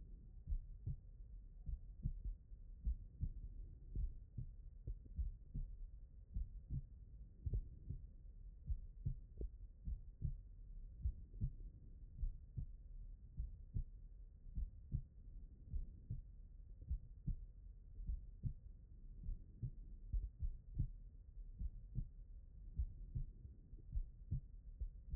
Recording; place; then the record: heart sounds by stethoscope; pulmonary valve (PV)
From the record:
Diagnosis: HFrEF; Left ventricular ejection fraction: 38%